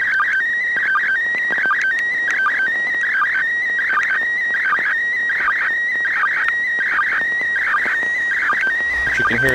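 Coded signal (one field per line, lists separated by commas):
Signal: SSTV (slow-scan television)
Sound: warbling, chirpy tone shifting in pitch, with short low sync blips repeating steadily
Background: radio static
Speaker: about 30 seconds left in the transmission I might get this complete image actually think the pass ends like really soon you can hear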